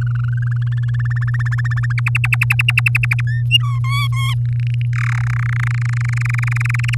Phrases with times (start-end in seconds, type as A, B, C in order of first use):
0.01-1.19 A, 1.21-1.93 B, 1.98-3.21 C, 3.27-3.42 D, 3.50-3.79 E, 3.84-4.34 F, 4.45-4.86 G, 4.93-5.22 H, 5.23-6.95 I